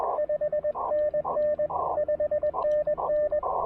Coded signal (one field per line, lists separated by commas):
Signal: Morse code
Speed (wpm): 20 wpm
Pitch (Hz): 590 Hz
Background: radio noise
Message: 5NN 5NN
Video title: QRP POTA: Paring the Elecraft KX2 and PackTenna Random Wire at Holmes Educational State Forest!